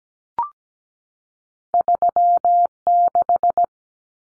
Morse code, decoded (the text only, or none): 36